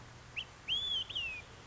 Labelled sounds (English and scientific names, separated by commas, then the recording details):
Olive-sided Flycatcher (Contopus cooperi)
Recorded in Sonoma County, California